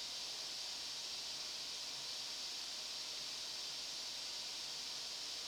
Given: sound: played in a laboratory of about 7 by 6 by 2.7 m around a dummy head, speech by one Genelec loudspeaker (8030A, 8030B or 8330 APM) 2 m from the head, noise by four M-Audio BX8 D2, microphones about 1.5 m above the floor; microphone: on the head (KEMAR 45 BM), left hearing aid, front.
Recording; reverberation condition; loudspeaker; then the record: white noise; medium; four, about 170 cm from the corners of the room and facing them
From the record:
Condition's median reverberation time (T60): about 510 ms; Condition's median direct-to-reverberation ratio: about -0.5 dB